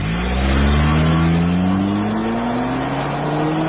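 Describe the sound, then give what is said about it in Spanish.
A car engine revs hard at high RPM in a radio advertisement for Lyon engine lubricant, its loud harmonic whine steadily climbing in pitch over a few seconds with a constant, dense roar and no voices. “Los motores trabajan altísimas revoluciones por minuto.”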